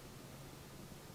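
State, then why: Not seated. A SO-DIMM memory stick is being handled at its laptop-style memory slot in a mini PC, about to be pressed down until the retaining clips latch. Only a steady, even hiss of broadband noise is heard, with no distinct clicks or impacts. Nothing has seated or clicked yet.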